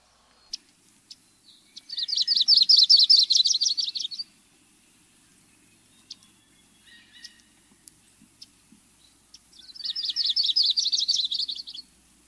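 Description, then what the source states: Yellow-rumped warbler song: two loose, sweet trills of rapid high notes, each about two seconds long, separated by a pause with scattered faint chips. Songbird of the western USA, North America.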